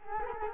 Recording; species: mosquito wingbeat signal from an infrared sensor; Culex quinquefasciatus